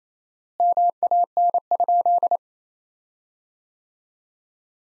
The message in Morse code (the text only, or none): MAN?